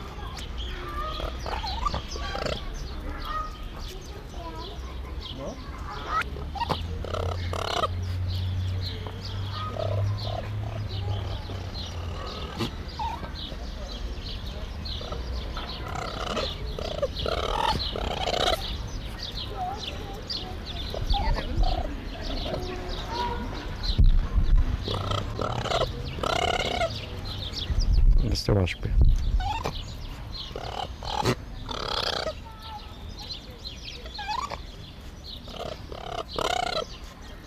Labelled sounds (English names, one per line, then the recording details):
Raccoon call
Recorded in captivity
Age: adult
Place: Zoo Halle, Sachsen-Anhalt, DE
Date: 1991-04-06
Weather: sunny, 4-13 °C
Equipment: Marantz, Sennheiser ME 80, Kopie Tesla B 116
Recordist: Tembrock, Günter